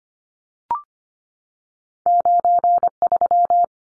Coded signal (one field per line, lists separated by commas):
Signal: Morse code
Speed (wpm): 25 wpm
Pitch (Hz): 700 Hz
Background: none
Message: 93